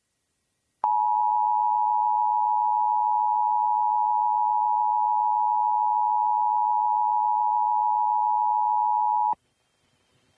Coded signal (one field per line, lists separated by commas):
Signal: Emergency Alert System (SAME) tones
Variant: 853 and 960 Hz attention tone